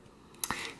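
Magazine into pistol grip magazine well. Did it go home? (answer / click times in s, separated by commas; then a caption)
partly / 0.4 s. A magazine is pushed into the grip magazine well of a brand-new, never-fired polymer-frame Glock 42 pistol in .380 ACP. A sharp click sounds at 0.4 s, followed by a second short tick just after. The magazine seems clipped in but is not fully latched, possibly because the pistol is still new.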